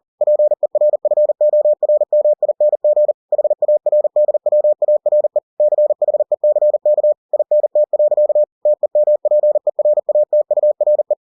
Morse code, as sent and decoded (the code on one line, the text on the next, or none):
.--. . .-. ..-. --- .-. -- .. -. --. / .... .- .-. -.. .-- .- .-. . / -.-. .... . -.-. -.- / .. -. - .-.-.- / - . -- .--. . .-. .- - ..- .-. .
PERFORMING HARDWARE CHECK INT. TEMPERATURE